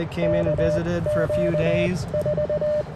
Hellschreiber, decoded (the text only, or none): none